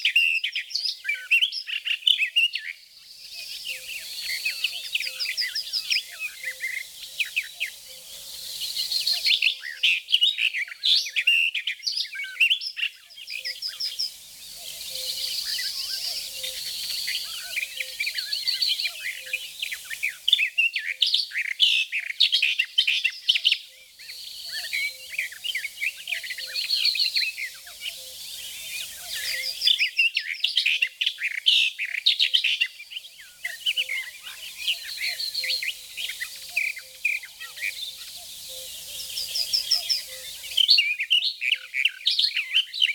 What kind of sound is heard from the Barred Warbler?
song